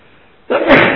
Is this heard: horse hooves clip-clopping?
no